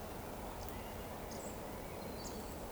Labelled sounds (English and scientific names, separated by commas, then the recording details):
Eurasian Woodcock (Scolopax rusticola) whistle
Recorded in Baden-Württemberg, Germany, on 15 June 2020 at 19:38 UTC
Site 14569, 102 m above sea level